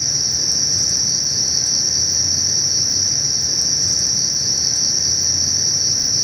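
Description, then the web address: Crickets: a steady, continuous high-pitched trill that holds level throughout. Jungle setting. "Spectrasonics - Heart of Africa. CRICKETS"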